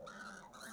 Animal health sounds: pig call; piglet (1 to 25 days)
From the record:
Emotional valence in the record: negative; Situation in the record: long isolation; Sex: male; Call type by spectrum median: low-frequency call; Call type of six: high-frequency stable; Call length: 0.73 s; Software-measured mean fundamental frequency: 204 Hz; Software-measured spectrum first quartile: 966 Hz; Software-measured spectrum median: 1570 Hz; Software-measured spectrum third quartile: 4858 Hz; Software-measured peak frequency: 1490 Hz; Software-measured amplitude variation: 127 dB a second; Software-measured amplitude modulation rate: 24.6 a second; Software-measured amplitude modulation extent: 5.2 dB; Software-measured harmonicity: 2.8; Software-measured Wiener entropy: -2.77

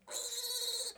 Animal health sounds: pig call; piglet (1 to 25 days)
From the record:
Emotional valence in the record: negative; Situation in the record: restrain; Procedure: back test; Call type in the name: high-frequency call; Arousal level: medium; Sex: male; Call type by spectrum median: high-frequency call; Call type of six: high-frequency stable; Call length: 0.98 s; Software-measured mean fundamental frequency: 203 Hz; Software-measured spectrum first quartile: 3766 Hz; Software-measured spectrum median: 5500 Hz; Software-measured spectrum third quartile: 8304 Hz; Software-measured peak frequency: 3939 Hz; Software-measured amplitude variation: 182 dB a second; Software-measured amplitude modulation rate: 14.8 a second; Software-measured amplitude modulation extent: 12.3 dB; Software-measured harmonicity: 4.7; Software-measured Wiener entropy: -2.30

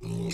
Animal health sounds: pig call; weaner (32 to 43 days)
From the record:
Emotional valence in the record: negative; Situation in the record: short isolation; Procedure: open field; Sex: female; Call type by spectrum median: low-frequency call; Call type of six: mixed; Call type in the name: high-frequency modulated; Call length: 0.34 s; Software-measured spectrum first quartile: 189 Hz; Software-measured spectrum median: 472 Hz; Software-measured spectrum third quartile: 3974 Hz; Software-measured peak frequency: 389 Hz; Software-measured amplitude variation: 103 dB a second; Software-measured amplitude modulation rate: 36.4 a second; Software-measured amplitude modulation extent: 2.8 dB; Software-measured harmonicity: 3.9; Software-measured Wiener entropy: -4.46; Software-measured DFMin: 733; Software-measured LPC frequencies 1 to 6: 2081, 2578, 4130, 5466, 6321, 7454 Hz

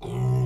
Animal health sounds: pig call; weaner (32 to 43 days)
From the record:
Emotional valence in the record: negative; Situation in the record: negative conditioning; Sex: female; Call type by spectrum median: low-frequency call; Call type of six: low-frequency stable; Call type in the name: low-frequency stable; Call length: 0.47 s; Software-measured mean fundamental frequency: 61 Hz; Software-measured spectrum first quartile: 124 Hz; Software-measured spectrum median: 162 Hz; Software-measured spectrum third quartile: 366 Hz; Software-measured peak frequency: 130 Hz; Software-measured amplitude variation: 68 dB a second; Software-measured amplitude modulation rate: 25.7 a second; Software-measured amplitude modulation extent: 2.7 dB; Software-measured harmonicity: -1.0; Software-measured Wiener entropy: -0.93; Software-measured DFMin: 753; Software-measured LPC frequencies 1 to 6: 854, 2112, 3040, 3643, 5537, 7129 Hz

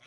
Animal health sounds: pig call; piglet (1 to 25 days)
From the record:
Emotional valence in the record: positive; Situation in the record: reunion after long isolation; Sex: female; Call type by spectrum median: low-frequency call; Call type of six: low-frequency tonal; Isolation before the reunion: 8 minutes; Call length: 0.06 s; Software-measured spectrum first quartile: 1580 Hz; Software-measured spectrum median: 2375 Hz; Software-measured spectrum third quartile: 3427 Hz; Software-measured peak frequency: 2325 Hz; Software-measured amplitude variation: 8 dB a second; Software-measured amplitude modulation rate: 7.8 a second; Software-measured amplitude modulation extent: 1.0 dB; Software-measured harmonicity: -1.1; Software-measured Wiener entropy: -0.63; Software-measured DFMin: 629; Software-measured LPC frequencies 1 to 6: 1389, 2260, 3323, 5860, 6527, 9006 Hz

